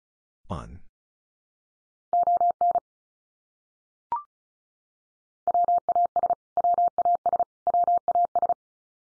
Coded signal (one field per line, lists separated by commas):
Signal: Morse code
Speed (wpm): 34 wpm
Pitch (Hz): 700 Hz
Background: none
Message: ON WAS WAS WAS